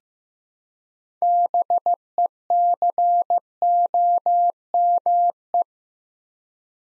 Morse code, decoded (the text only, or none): BECOME